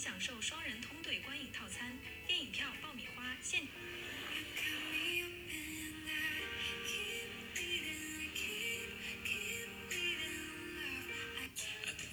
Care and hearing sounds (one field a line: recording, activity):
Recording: daily activity, guitar pickup as the sensor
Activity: browse video